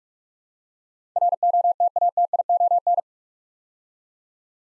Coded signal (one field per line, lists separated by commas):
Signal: Morse code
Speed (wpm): 44 wpm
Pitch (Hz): 700 Hz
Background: none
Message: ROTATION